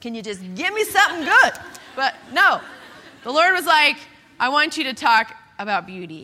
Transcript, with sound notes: Can you just give me something good?” (Laughter) But, no. The Lord was like, “I want you to talk about beauty.”